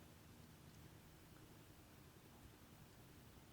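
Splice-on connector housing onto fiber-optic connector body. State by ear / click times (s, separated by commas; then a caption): not seated / none. The outer housing of a fiber-optic splice-on connector is started onto the connector body and gently lined up before being pushed on. Only a faint rustle is heard over a steady, low background hiss, and the housing has not clicked into place yet.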